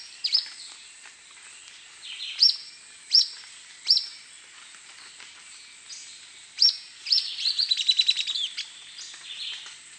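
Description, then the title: Grey elaenia song: a few spaced sharp high notes, then a series of quick notes forming a fast trill, over a steady background hiss. "LuckyPassaro Completos2Sama. Grey Elaenia (Myiopagis caniceps)"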